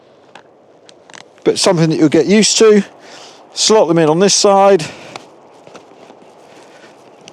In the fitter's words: once you hear them click you know the ratchets are engaged